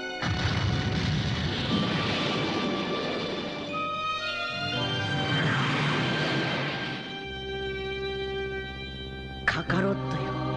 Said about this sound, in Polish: Spójrzcie na te piękne fajerwerki.